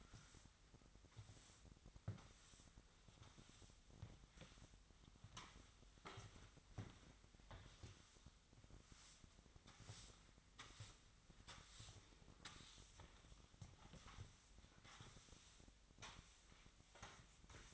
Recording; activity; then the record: daily activity, microphone in the room; sweep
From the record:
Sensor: 3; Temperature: 25.2 degrees Celsius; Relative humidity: 38.4%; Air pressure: 1001.6 hPa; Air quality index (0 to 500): 224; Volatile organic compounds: 31 ppm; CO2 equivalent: 2978 ppm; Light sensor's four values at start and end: 11/35/15/12 and 11/35/15/13